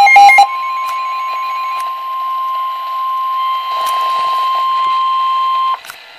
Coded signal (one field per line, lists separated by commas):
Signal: Emergency Alert System (SAME) tones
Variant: 1050 Hz attention tone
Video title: EAS #88 Blizzard Warning 1/2/14 4:08PM